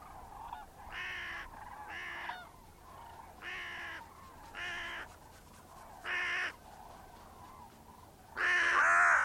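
Bird giving a series of hoarse caws, often in pairs, several moderate and two louder ones near the end, with light background noise.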